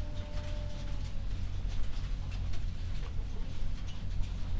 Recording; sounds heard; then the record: poultry house recording; sick chickens (respiratory disease)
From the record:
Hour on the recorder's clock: 0